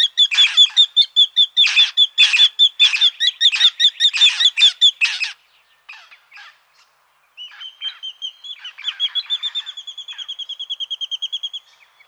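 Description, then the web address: Collared sparrowhawk calling, a rapid high chattering series of sharp notes, a pause, then a long run of quick repeated notes. A Canberra garden bird. "canberra-garden-birds raptors collared-sparrowhawk"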